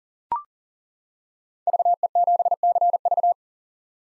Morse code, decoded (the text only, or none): VE7CV